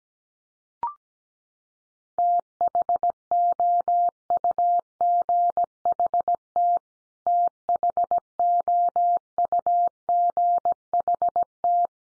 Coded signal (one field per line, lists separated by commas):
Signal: Morse code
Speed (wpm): 17 wpm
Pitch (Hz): 700 Hz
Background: none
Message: THOUGHT THOUGHT